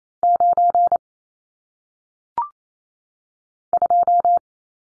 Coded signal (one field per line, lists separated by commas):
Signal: Morse code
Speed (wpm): 28 wpm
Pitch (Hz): 700 Hz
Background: none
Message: 9 2